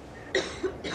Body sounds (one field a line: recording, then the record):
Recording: coughing mixed with background sound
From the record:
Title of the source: female coughing - coughing sound effects girl